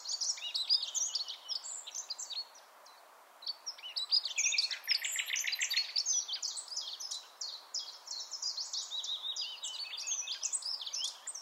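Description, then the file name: Common nightingale song of rapid high chirps and whistles, a short pause, then a rattling run of repeated notes and further fast varied phrases. "Luscinia megarhynchos"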